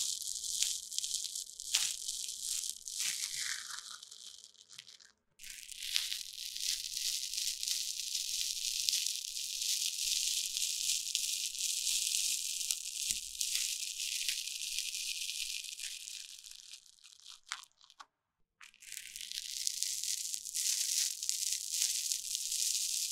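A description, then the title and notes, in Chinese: Deep cleaning of a microphone ear, heard as a dense, hissy scratching and rubbing that stays bright and fairly steady. The sound cuts out abruptly twice, near 5 seconds and again around 18 seconds, before resuming. Faint crunching, crackling textures run underneath. 麥克風耳朵深度清潔。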